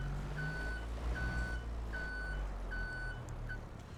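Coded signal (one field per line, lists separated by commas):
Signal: none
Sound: a game truck's reversing beeps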